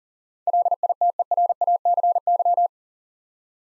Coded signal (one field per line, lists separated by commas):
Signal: Morse code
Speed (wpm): 39 wpm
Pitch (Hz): 700 Hz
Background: none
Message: LITERACY